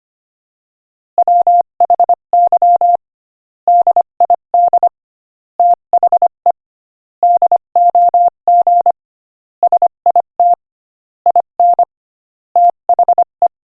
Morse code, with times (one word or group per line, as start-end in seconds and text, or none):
1.2-3.0 WHY
3.7-4.9 DID
5.6-6.5 THE
7.2-8.9 DOG
9.6-10.5 SIT
11.3-11.8 IN
12.6-13.5 THE